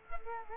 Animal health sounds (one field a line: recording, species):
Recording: mosquito wingbeat signal from an infrared sensor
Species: Culex quinquefasciatus